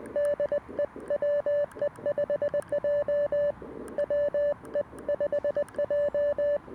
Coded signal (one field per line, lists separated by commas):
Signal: Morse code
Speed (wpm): 20 wpm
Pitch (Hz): 580 Hz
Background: none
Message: DE WE5J WE5J